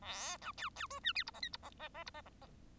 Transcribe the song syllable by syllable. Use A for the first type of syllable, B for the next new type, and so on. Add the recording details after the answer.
A B C C D E F G H I G H H H G H H H. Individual Bird1